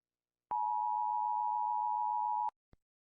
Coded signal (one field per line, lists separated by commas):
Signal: Emergency Alert System (SAME) tones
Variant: 853 and 960 Hz attention tone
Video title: Rating eas alarms cause everyone is doing it